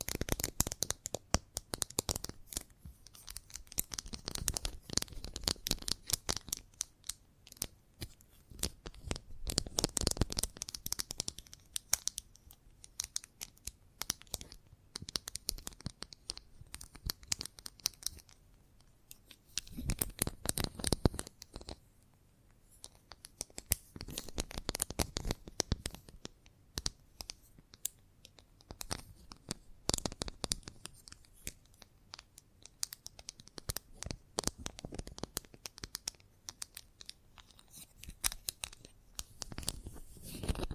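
Chalk is scratched, tapped and carved in dense bursts of rough, gritty strokes, with many sharp clicks running through them. The louder scraping swells come roughly every five to ten seconds, near 5, 10, 20 and 30 seconds, with quieter fine scratching in between.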